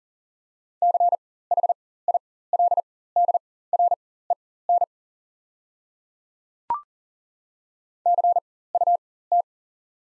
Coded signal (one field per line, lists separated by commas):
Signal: Morse code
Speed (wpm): 40 wpm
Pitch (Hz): 700 Hz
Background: none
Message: CHILDREN CUT